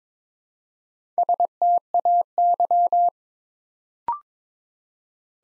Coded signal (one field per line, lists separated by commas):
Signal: Morse code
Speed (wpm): 22 wpm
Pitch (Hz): 700 Hz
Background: none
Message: STAY